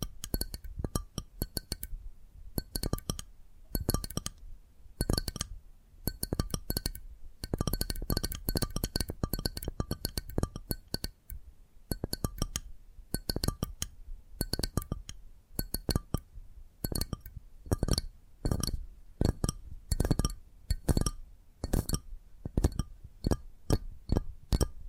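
Tapping triggers: a long run of sharp, bright taps with a glassy clink, coming in quick clusters and short bursts with brief pauses between. The taps run steadily throughout, some with a dull low thud beneath, and grow sparser and more evenly spaced toward the end.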